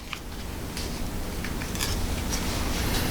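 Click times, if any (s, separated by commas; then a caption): none. A polymer trigger-guard shell for an Alien Gear ShapeShift holster is handled and pressed against the back half of the modular holster backer. Small plastic ticks and brief scraping rustles come through, with a sharp tick near 0.1 s, scrapes around 0.8 s and 1.8 s, and a tap near 1.4 s over a low background rumble. Nothing has seated or clicked yet; the shell is not home by the end.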